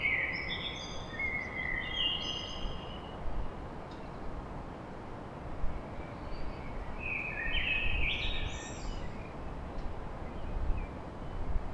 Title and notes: Blackbird Poetry At Paris. Enregistrement d'un chant de merle à l'aube dans Paris